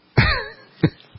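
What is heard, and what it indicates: An adult woman coughs: a loud, harsh cough burst, then a shorter second cough. It is part of a prolonged coughing fit that leaves her unable to talk.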